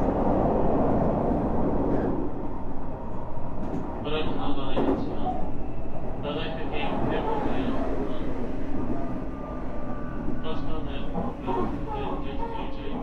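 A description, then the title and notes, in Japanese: A train's running sound, recorded from inside a moving express car: a dense, steady low rumble fills the whole clip, heaviest in the first two seconds. High, bright squeals or tones cut in around four, seven, and eleven to thirteen seconds, with voices faintly underneath. 西鉄 9000系 薬院から二日市まで（後編 春日原から）。西日本鉄道 9000系電車の走行音です。天神大牟田線の急行電車で録音しました。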